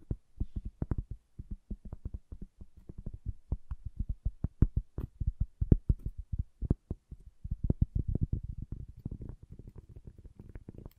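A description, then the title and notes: Dull wooden taps and knocks come in a quick, uneven stream, thickening into denser clusters of low thumps toward the end. ASMR Calming Wood Triggers for Sleep (No Talking).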